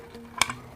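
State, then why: Seated. A cheap spring airsoft pistol, priced under 900 rupees, is cocked by pressing it with light force until the spring piston catch engages. A sharp click sounds at 0.4 s, followed by a softer click at about 0.5 s, over a quiet steady background. The catch is seated and the pistol is loaded, with the part then moving freely.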